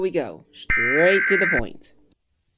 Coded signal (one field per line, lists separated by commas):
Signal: Emergency Alert System (SAME) tones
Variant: header bursts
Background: speech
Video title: Doodle Kaden reacts to @C_T_C09Official 's Little Einsteins.exe EAS scenario (CHILDHOOD RUINED)